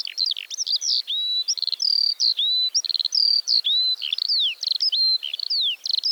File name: Feldlerche- Alauda arvensis